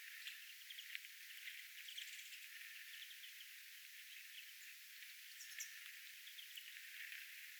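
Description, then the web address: Small birds uttering soft, quick twittering notes and a few higher bright chips later on, irregular and overlapping, against a steady background hiss. Small birds calling calmly at a bird feeder on an island, recorded 10 January 2025. "paivat 10 1 2025 vahan rauhallista pikkulintujen aantelya saaren linturuokinnalla"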